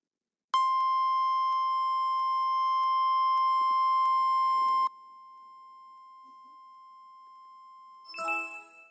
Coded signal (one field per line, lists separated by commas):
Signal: Emergency Alert System (SAME) tones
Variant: 1050 Hz attention tone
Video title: EAS Scenario : Demon Uponus